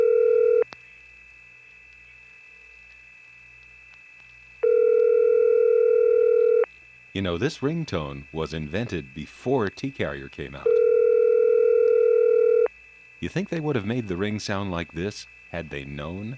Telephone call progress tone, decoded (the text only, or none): ringback tone